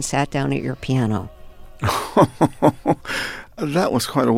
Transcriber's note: laughter